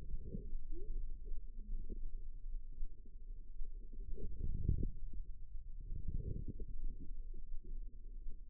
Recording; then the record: forearm muscle sounds (acoustic myography)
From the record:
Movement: wrist flexion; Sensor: system 2, bracelet of six BSWA MPA416 microphones around the upper forearm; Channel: 4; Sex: female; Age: 25 years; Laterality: right